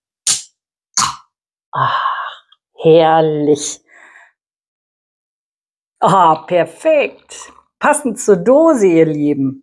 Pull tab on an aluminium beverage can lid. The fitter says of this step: und jetzt hören wir uns Klick und zisch an